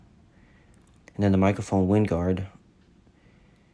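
The plastic battery compartment door on a Sony ZV-E10 camera body is pushed closed, with a few small taps at about 0.7, 0.9 and 1.0 seconds followed by a sharper snap at 1.1 seconds as the door latches shut. Someone then talks.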